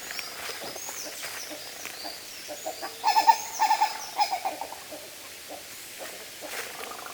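Bird calling: a brief burst of sharp, repeated notes in the middle, with faint chirps and rustling noise around it.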